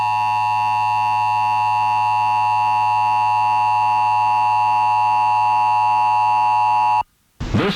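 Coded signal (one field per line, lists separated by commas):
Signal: Emergency Alert System (SAME) tones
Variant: 853 and 960 Hz attention tone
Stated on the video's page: Required monthly test relayed by an FM station, recorded from a stereo to a handheld recorder; TV relay failed with no sound, only clicking noises.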